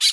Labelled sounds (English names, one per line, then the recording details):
Brown-throated Parakeet contact call
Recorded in Bonaire
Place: just S of turnoff to Cai, near Lac Bay
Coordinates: 12.126, -68.239